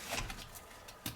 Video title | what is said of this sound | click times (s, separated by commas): Condition Zero Pistol Mount and 30 day update | it locked into place go four-wheeling look | 1.1 s